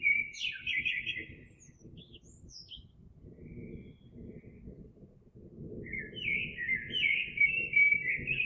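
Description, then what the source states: Eurasian blackbird delivering rich fluty phrases with a thin high flourish, a soft pause, then a longer warbled phrase, over steady low rumbling background noise. Recorded 26 April 2022.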